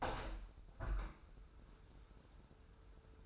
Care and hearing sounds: daily activity, microphone in the room; open window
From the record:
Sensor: 2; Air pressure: 995.6 hPa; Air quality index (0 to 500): 97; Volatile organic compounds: 5 ppm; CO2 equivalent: 1796 ppm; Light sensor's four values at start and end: 24/76/30/29 and 24/77/31/29

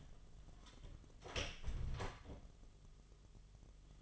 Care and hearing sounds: daily activity, microphone in the room; close door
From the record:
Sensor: 4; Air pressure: 1005.7 hPa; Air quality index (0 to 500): 95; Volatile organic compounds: 2 ppm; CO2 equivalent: 1174 ppm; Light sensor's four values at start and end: 13/29/11/11 and 14/31/12/12

